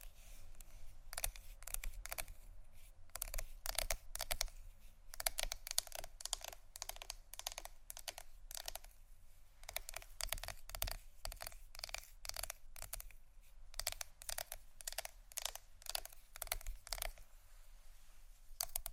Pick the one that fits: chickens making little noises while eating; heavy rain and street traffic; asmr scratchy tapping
asmr scratchy tapping